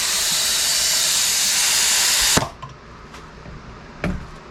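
Air hisses loudly into a new rubber lawn mower tire on a greased steel rim until about 2.4 s, then falls quiet. At 4.0 s the tire bead seats onto the rim with one sharp bang, helped by a little grease, though it did not pop into place the way it normally does.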